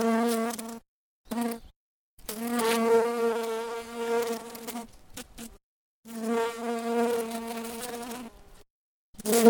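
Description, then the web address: Bumblebee buzzing, low humming drones in bursts of varying length with brief pauses, the last burst starting loudly at the end. "Lynne Music 2 Bumble-Bee-Buzzing"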